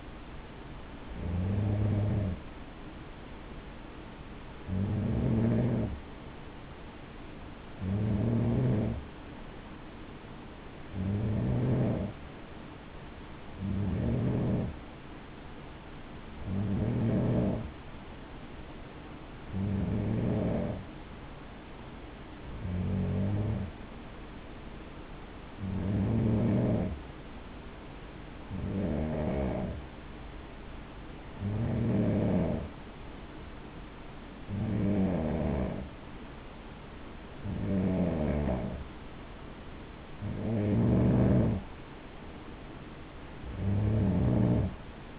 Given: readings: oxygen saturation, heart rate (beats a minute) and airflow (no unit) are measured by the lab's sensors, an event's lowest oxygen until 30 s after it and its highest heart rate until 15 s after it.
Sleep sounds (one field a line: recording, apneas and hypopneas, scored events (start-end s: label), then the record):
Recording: breathing in sleep by a voice recorder at the bedside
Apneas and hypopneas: none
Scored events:
none scored
From the record:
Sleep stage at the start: N3 (deep sleep)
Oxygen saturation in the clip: 92 to 94%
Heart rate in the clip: 57 to 62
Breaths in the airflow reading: 15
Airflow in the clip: -7.0 to 5.2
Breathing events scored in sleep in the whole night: 216 in 7.0 hours asleep